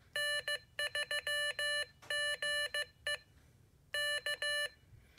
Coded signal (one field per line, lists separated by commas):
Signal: Morse code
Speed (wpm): 15 wpm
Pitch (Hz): 1750 Hz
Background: none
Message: N3GE K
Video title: Morserino-32 - the multifunctional Morse machine